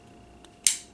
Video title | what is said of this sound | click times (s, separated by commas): Perfect Effect PC-16 Upgrade Kit ( For TR Optimus Prime/LG Ginrai) | move the feet over and slip this down you can hear it kind of click into place listen it | 0.7 s